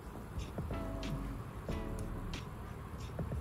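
An interchangeable strap is being fitted into the attachment on a luxury watch case, but nothing has seated or clicked yet. Soft handling ticks and light taps come through over a steady background hum with faint tonal music-like lines.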